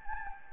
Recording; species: mosquito wingbeat signal from an infrared sensor; Anopheles gambiae